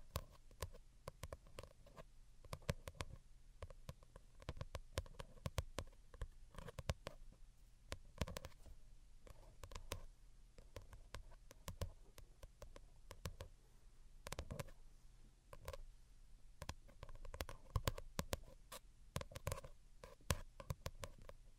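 Delicate tapping runs through the whole 22 seconds, with sharp, bright taps landing irregularly, sometimes in quick clusters and sometimes spaced apart. A soft, low steady hum sits underneath, and the taps stay light with a few slightly louder ones scattered throughout.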